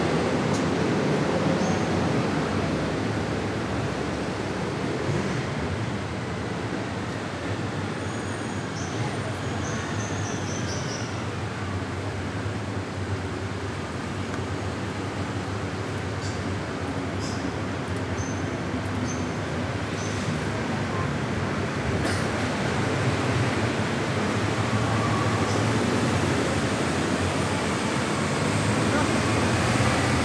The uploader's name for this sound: Calm Street in France